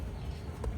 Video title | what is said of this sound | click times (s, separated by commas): 🚨 The ULTIMATE Floor Mats for Model Y Juniper? 3W Double Layer Liners Review & Install! | Give it a quick press at the button. You'll hear a nice snap. | 0.6 s